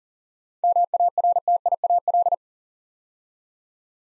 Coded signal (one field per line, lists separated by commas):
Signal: Morse code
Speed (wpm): 40 wpm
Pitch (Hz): 700 Hz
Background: none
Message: MARTIAL